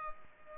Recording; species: mosquito wingbeat signal from an infrared sensor; Culex pipiens